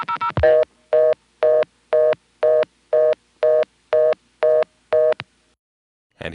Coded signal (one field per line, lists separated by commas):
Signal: telephone call progress tone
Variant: North America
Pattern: reorder tone